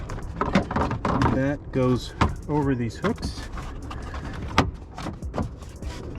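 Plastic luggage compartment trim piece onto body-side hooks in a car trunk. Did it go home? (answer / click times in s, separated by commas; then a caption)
yes / 4.6 s. In the trunk cargo area of a Mini Cooper, during installation of a storage compartment kit, a plastic luggage compartment trim piece is placed over the body-side mounting hooks and pressed until it pops into place. Someone talks over soft handling noises, and a sharp click is heard at 4.6 s as the trim piece seats.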